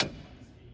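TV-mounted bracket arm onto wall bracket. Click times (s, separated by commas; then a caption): 0.0 s. A TV-side bracket arm, already mounted on the back of a TV, is put onto a wall plate and latches home in metal with one sharp click at 0.0 s, followed by a quiet, fading low ring. The arm locks onto the wall plate and is seated.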